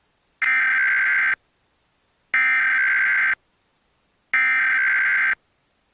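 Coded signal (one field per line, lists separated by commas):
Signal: Emergency Alert System (SAME) tones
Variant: header bursts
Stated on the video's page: Fictional EAS scenario with a NOAA weather radio station knocked out by a tornado.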